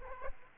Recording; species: mosquito wingbeat signal from an infrared sensor; Aedes aegypti